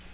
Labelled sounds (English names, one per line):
Black-throated Green Warbler flight call